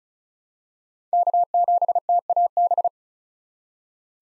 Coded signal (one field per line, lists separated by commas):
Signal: Morse code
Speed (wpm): 36 wpm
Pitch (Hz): 700 Hz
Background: none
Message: K7TAB